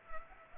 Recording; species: mosquito wingbeat signal from an infrared sensor; Culex pipiens